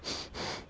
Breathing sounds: one breath in and out by a microphone near the nose and mouth; strong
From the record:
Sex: male

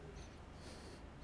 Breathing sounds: one breath in and out by a microphone near the nose and mouth; strong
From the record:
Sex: male

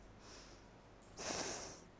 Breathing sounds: one breath in and out by a microphone near the nose and mouth; deep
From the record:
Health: marked as sick, illness not named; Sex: female

